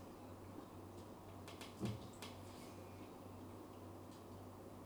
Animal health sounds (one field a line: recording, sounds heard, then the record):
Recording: poultry house recording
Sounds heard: no chicken sound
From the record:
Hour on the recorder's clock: 20